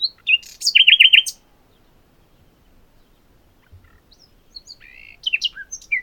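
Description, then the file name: Common nightingale song: a sharp opening note, then a fast, rich rattling trill, a silent pause of about three seconds, and a second phrase of varied whistles and chirps. "Luscinia megarhynchos"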